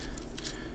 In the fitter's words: tail light piece down and it will click into place.